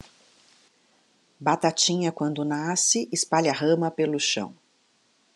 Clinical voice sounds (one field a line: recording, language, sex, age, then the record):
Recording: short text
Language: Brazilian Portuguese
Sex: female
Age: 60 to 69 years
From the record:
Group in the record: control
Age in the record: 60 years